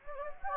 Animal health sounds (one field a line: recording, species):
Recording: mosquito wingbeat signal from an infrared sensor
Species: Anopheles gambiae